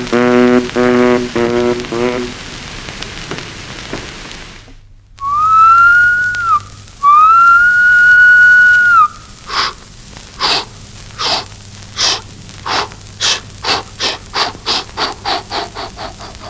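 A buzzy, harmonic drone gives way to two long, bright whistle blasts, then a train's steam chuffs start slowly and quicken into a steady, accelerating rhythm as it pulls away.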